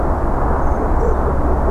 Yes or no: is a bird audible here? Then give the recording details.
yes. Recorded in France